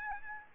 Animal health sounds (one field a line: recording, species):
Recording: mosquito wingbeat signal from an infrared sensor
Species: Aedes albopictus